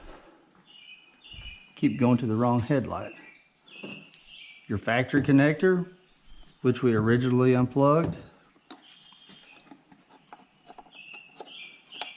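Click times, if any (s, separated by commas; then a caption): 8.7 s. Someone talks while the factory wiring connector is pushed back onto the new LED headlight during a Jeep Wrangler LED lighting upgrade. At 8.7 s, a short, faint click, quieter than the talking, is heard as the connector snaps back into place and is seated.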